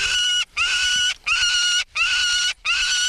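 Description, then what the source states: Peregrine Falcon chick calls, long harsh screams, each about half a second with brief gaps between, five in a steady rhythm. Chicks in northwestern Ontario calling while being fitted with leg bands; quite vocal, their vocal cords well developed.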